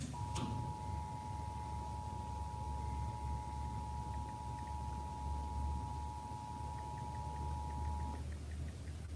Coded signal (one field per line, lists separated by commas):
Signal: Emergency Alert System (SAME) tones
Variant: 853 and 960 Hz attention tone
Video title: EAS FLW (From RLX) 3/6/26 3:53 PM EST (Credit Goes To @SouthernPennsylvaniaWX/@KanawhaCountyWX)